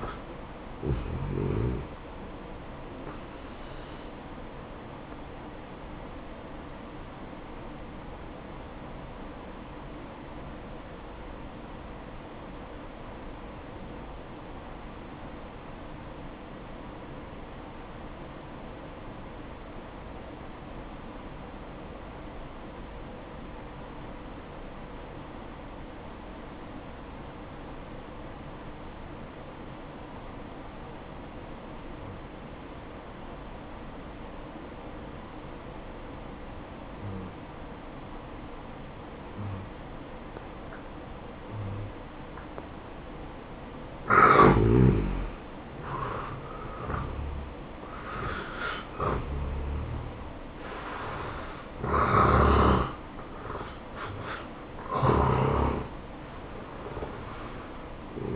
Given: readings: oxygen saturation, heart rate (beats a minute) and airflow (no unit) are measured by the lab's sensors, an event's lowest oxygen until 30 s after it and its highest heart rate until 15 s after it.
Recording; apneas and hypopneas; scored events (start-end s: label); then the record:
breathing in sleep by a voice recorder at the bedside; 1
4.00-44.40 s: hypopnea (N1, oxygen 95% highest, then 85% lowest, heart rate 69 at the start, 71 highest)
30.00-58.36 s: new sleep stage, N2 (light sleep)
From the record:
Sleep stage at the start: N1 (lightest sleep); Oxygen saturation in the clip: 84 to 95%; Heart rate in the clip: 57 to 71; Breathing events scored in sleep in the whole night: 573 in 9.8 hours asleep